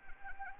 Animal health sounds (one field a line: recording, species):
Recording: mosquito wingbeat signal from an infrared sensor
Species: Anopheles arabiensis